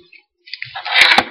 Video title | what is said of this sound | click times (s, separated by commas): Wicked Tour Unboxing/ Sound test | snap that right back into place | 0.5 s, 0.6 s